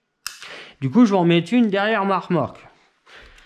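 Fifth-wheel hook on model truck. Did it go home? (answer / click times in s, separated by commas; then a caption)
released / 0.3 s. A sharp click at 0.3 s as the small pull tab on a model truck's plastic fifth wheel trips the hook to release the trailer. Someone then talks.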